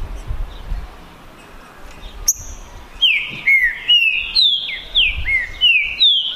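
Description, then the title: Green-winged saltator song beginning midway after a brief sharp sound: a run of clear whistled notes, each dropping in pitch, separated by short pauses. Birds in a song contest, 2022 season, singing and showing male competitive behaviour; contestants named Naval and Demolidor. "DISPUTA DE TRINCA FERRO PERFEITA!! NAVAL VS DEMOLIDOR 2022! TEMPORADA 2022!"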